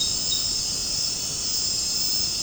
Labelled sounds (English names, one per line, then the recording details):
none
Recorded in dense forest near Puerto Asís, Putumayo, Colombia, on 12 March 2025 at 21:00
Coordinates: 0.467, -76.328
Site G041